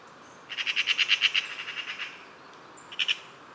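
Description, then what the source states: Eurasian magpie alarm call: one dry, machine-gun rattle of many quick notes, then a short two-note chatter. Several magpies chattering in alarm, provoked by a squirrel near its nest high in a tree fork; autumn, Bois de Vincennes.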